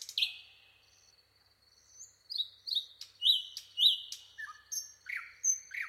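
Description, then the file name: Common nightingale singing a loud whistled note, a lull with soft high piping, then a run of rich, slurred notes repeated about every half second. "Luscinia megarhynchos"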